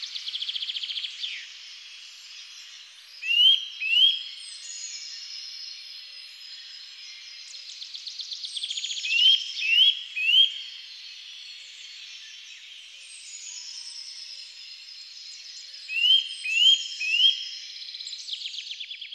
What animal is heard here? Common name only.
Eurasian Nuthatch